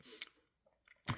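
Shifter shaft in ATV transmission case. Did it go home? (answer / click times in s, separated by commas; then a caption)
yes / 1.1 s. With a Yamaha Timberwolf / Big Bear 2X4 ATV transmission in first gear, the shifter shaft in the transmission case is rotated slightly, with faint scraping and small ticks at about 0.2 s and 0.9 s. A sharp, loud click at 1.1 s marks the shaft seating into position, lining up the reverse-select pin with its hole and opening the port.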